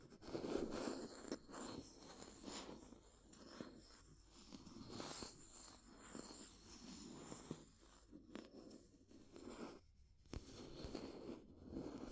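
Fire crackling close by, with dense, irregular pops and snaps scattered throughout alongside rough scraping and scratching textures. A bright, hissing flare rises around five seconds, and sharper tapping clicks stand out near eight and ten seconds over a low, steady rumble.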